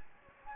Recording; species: mosquito wingbeat signal from an infrared sensor; Anopheles gambiae